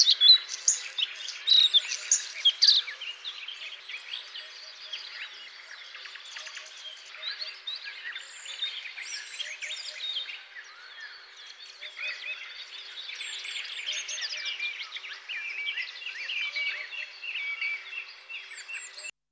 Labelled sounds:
Bluethroat song
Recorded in the wild
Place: Pripyatskiy NP, BY
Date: 2005-05-26
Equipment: Minidisc Sony MZ-R35, Telinga DAT, Telinga-Parabolspiegel
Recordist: Schwarz, Dieter
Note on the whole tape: Song

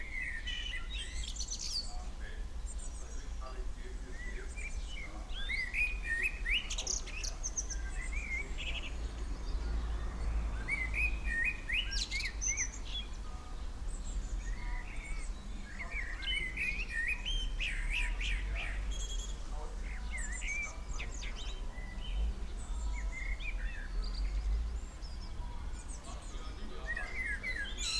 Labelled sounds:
Common Blackbird song
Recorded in the wild
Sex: male
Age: adult
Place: Lübars, Benekendorffstraße, Berlin, DE
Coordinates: 52.6167, 13.3469
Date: 1998-06-01 15:58
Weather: rain, 18°C
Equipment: Sony MD-WM MZ-R3, Sennheiser MKH 416 T, Kopie Uher 4000 Report Monitor
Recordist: Tembrock, Günter

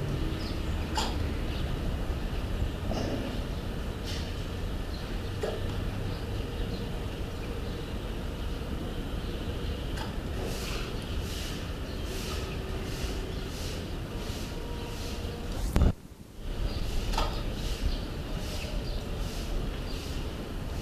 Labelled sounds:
Mantled Guereza call
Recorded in captivity
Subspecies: kikuyuensis
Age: adult
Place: Zoo Leipzig, Sachsen, DE
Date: 1968-12-07
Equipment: Uher 4000 Report-S, Sennheiser MD 421
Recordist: Tembrock, Günter

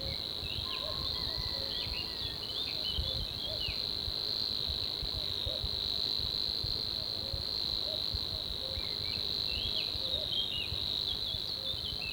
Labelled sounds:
Little Bittern song
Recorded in the wild
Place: St. Urban
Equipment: Hornyphon Bandgerät, Phillips Mikrofon Type EL 6020
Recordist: Brunner, Thomas
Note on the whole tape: Zwergdommel, Gesang. Im Frühjahr 1966

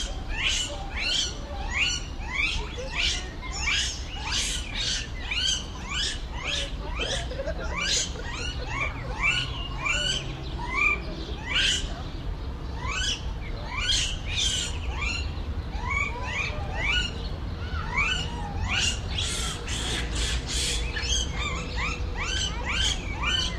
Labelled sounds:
Japanese Macaque
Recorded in captivity
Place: Zoo Berlin, Berlin, DE
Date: 1994-05-07
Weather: heiter, 12-18°C
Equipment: Marantz CP 430, Sennheiser ME 80, Kopie Uher Variocord 263
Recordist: Tembrock, Günter
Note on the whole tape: Laute eines Tieres nach Fütterung (nicht zu sehen)

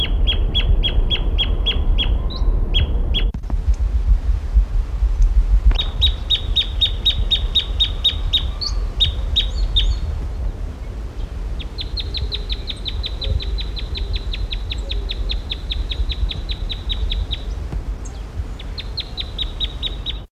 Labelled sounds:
Chaco Earthcreeper call
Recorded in the wild
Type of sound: call
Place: Buenos Aires, AR
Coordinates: -34.56, -58.45
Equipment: Halbspur, 9,5 cm/s
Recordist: Lütgens, Hans
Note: Belgrano (Buenos Aires): Rufe

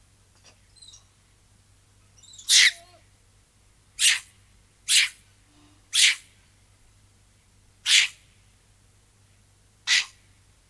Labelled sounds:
Lion-tailed Macaque call
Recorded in captivity
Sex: female
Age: adult
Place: Zoo Rostock, Mecklenburg-Vorpommern, DE
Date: 1984-02-03 13:12
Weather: bedeckt, z. T. Regen, 3-5°C
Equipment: Nagra SN, Kopie Uher 4000 Report Monitor
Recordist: Tembrock, Günter
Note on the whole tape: Zwei Weibchen: mehrere Lauttypen bei Anblick des Käschers

